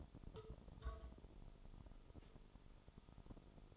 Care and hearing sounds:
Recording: daily activity, microphone in the room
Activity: take from stove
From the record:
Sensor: 5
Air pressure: 988.4 hPa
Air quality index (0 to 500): 204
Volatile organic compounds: 82 ppm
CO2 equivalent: 3626 ppm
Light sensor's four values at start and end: 48/142/56/61 and 48/141/55/60

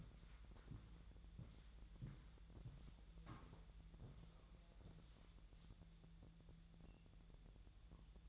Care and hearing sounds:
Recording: daily activity, microphone in the room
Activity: walk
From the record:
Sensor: 3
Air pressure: 1002.0 hPa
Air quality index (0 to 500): 243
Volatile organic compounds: 114 ppm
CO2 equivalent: 3843 ppm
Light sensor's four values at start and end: 9/21/9/9 and 9/20/8/9

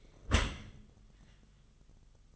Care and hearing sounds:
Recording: daily activity, microphone in the room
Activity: close dishwasher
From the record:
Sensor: 4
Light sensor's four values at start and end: 11/26/10/10 and 11/25/10/10

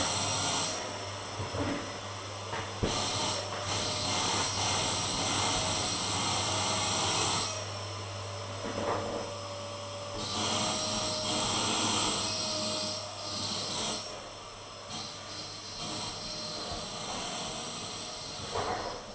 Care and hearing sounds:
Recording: daily activity, microphone in the room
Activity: vacuum cleaning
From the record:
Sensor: 4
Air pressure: 1000.1 hPa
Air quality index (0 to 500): 232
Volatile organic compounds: 32 ppm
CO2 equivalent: 2992 ppm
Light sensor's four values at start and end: 9/20/8/8 and 9/21/8/8

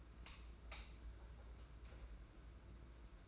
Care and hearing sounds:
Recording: daily activity, microphone in the room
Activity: light on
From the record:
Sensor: 2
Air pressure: 991.8 hPa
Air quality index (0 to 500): 224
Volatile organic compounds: 1000 ppm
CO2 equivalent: 7479 ppm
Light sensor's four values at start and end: 11/26/10/10 and 16/42/17/16

